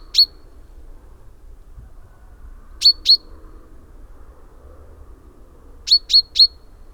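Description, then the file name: Common chaffinch giving short, sharp high call notes, one alone, then a pair, then a quick triplet, spaced by quiet gaps over a faint low background hum. "Fringilla coelebs"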